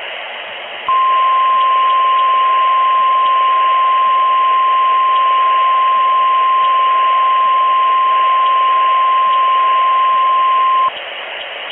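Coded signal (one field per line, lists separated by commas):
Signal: Emergency Alert System (SAME) tones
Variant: 1050 Hz attention tone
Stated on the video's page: Fictional hurricane scenario containing valid alert tones.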